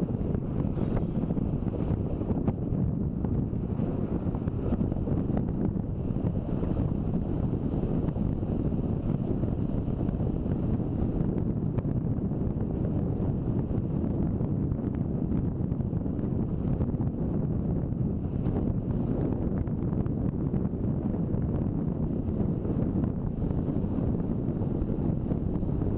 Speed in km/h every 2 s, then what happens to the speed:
20, 21, 21, 25, 23, 24, 25, 26, 26, 27, 27, 28, 29.
0-26 speeds up to 29.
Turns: none.